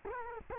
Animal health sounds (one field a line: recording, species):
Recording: mosquito wingbeat signal from an infrared sensor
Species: Culex quinquefasciatus